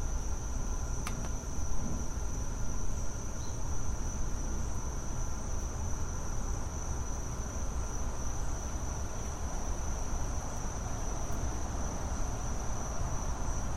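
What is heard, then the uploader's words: A back yard on a Saturday, filled with a steady, unbroken low rumble and hiss that never lets up. A thin, high insect-like whine holds constant across the whole stretch. A brief sharp click cuts through just after the first second. The sounds of a back yard on a Saturday in August.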